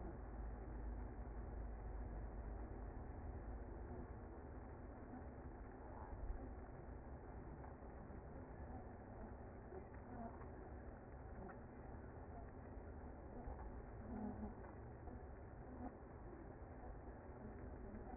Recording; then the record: honeybee colony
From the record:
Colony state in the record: active